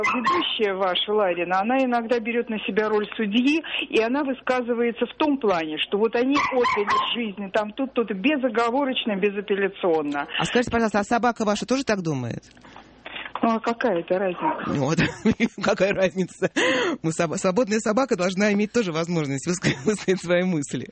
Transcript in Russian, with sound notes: ведущая ваша, Ларина, она иногда берет на себя роль судьи, и она высказывается в том плане, что они отдали жизнь, там, то-то, безоговорочно и безапелляционно.
А скажите, пожалуйста, а собака Ваша тоже так думает?
Ну а какая это разница? (смеется)
Ну вот, какая разница? Свободная собака тоже должна иметь возможность высказывать свои мысли.